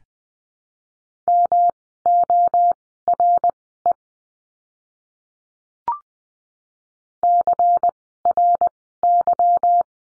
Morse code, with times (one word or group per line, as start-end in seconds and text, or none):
1.3-3.9 MORE
7.2-9.8 CRY